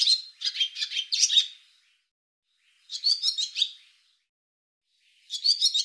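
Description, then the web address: Barn swallow calls in three bursts of rapid, scratchy, high twittering notes, separated by silent gaps; nothing else audible. "cianscape birddata Deverinetal 2025"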